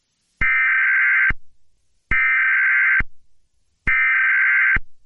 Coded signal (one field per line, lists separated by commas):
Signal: Emergency Alert System (SAME) tones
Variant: header bursts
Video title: EAS Mock Scenario | Rampage! 🦍🦖🐺